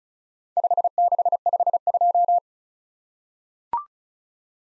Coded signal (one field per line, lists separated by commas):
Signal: Morse code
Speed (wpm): 36 wpm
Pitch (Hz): 700 Hz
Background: none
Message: 5652